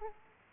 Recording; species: mosquito wingbeat signal from an infrared sensor; Aedes aegypti